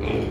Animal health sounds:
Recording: contact call of a hoofed animal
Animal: pig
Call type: closed-mouth grunt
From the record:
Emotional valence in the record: positive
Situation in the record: food and toys in familiar pen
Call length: 0.30 s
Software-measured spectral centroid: 1370 Hz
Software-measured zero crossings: 1090 a second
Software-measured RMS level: -24 dBFS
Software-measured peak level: -17 dBFS

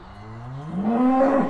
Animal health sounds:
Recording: contact call of a hoofed animal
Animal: cattle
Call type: low-frequency (closed-mouth) or high-frequency (open-mouth) call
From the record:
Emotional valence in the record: negative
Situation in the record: full separation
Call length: 1.50 s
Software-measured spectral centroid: 910 Hz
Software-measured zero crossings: 890 a second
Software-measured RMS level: -22 dBFS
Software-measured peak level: -8 dBFS

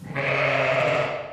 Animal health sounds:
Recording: contact call of a hoofed animal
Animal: sheep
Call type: low-frequency (closed-mouth) or high-frequency (open-mouth) call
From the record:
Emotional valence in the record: negative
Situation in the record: short social isolation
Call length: 1.33 s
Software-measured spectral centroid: 1820 Hz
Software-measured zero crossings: 2380 a second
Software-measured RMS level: -24 dBFS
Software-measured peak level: -8 dBFS

